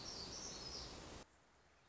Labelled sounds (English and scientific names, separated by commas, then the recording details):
Black-throated Gray Warbler (Setophaga nigrescens)
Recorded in Sonoma County, California